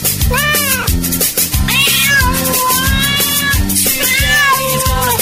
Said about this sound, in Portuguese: Esse gato tá no cio, né?